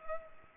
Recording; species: mosquito wingbeat signal from an infrared sensor; Culex pipiens